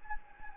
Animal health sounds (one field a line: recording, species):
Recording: mosquito wingbeat signal from an infrared sensor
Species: Anopheles gambiae